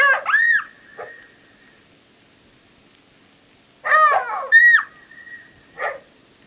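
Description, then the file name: Jackal yips in two bursts: high, quavering wails that arch up and down, each ending in a thin level whine, with a quiet pause between. "zvuki shakala"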